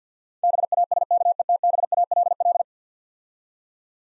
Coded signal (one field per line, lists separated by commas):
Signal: Morse code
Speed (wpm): 50 wpm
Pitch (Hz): 700 Hz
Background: none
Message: BASKETBALL